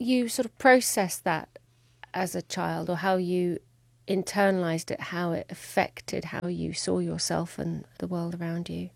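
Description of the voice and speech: One adult woman asks a question in fluent speech with natural pauses and a clear, steady voice.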